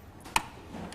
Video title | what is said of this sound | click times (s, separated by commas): Clearview Towing Mirror Installation for the Nissan Patrol GU/Y61 | push it in and just wait for you hear it click ok | 0.4 s